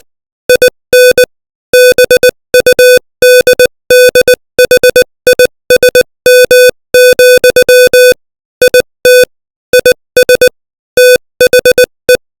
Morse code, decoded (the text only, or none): IN BUDDHISM, IT IS THE